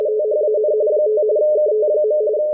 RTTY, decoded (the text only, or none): THAN 5 KT.